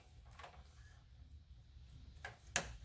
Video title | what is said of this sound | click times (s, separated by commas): GE Fridge Won't Dispense Water : Isolation Valve and Jumper Fix DIY Part# WR57X30890 | There it is. I heard it snap. I heard it snap. | 2.6 s